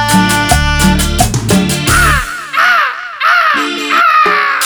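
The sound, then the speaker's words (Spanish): A parrot lets out a run of loud, harsh squawks, about five rising-and-falling calls in a steady rhythm, after an opening stretch of thumping, bass-heavy sound. “Escuchen de verdad, loro, vuelve a tu jaula.”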